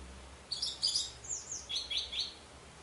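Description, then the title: Orange-headed thrush delivering high, thin, rapidly warbled notes in a busy two-second phrase, squeaky and sliding. "Anis Merah"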